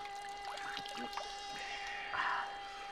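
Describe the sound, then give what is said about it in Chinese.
Water sloshes and pours in a few uneven splashes as someone scoops cool river water to drink, with a brighter burst of dripping near the end over a steady faint background hum. “嘿，你看看，你看看这河水啊，多清凉！来，先喝点水，润润嗓子。”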